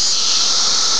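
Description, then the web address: Cicada buzzing: a dense, constant high drone filling the whole moment. Recorded on 31 May 2004. "fleur cicadas"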